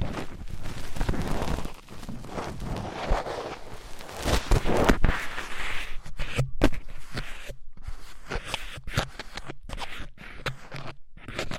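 Fast, intense ear cleaning: dense, rough scraping and rubbing that runs almost continuously for the first six seconds. After that the strokes turn choppy, with brief dead-silent gaps breaking up quick bursts of scratchy friction through to the end.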